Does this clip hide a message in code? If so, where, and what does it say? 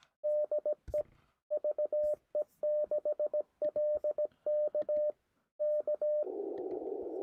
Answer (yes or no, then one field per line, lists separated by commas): yes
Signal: Morse code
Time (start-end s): 0.2-6.2 s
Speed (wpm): 17 wpm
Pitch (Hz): 600 Hz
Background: none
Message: DE VE6LK K